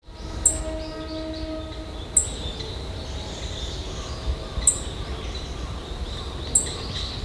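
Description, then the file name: Black-faced bunting giving four thin, very high single call notes, a couple of seconds apart, over steady low rumbling background noise. "aoji"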